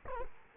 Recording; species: mosquito wingbeat signal from an infrared sensor; Culex quinquefasciatus